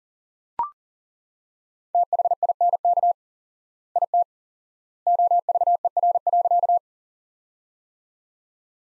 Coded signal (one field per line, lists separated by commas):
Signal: Morse code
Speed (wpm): 40 wpm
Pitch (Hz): 700 Hz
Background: none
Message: THINK IT OVER.